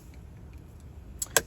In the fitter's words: And then take these two corners and just push them in. And you'll hear them snap in.